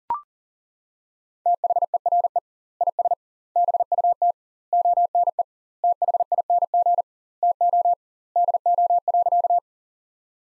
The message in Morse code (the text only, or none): THERE IS BUT ONE THING TO DO.